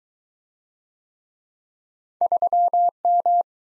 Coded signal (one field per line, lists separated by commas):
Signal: Morse code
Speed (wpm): 21 wpm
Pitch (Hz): 700 Hz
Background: none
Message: 3M